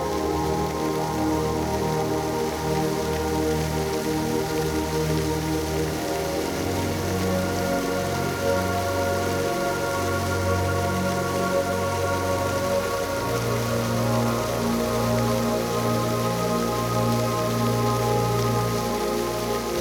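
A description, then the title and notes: A park fountain splashes steadily, a dense, continuous patter of falling water like heavy rain on a hard surface. The sound stays even throughout, with a low watery churning underneath and bright spray above, never pausing. Fountain Sculpture in the Park.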